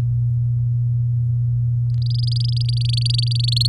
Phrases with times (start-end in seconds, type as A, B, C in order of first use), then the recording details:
2.02-3.67 A. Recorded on 7 May 2018 at 19:49. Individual llb16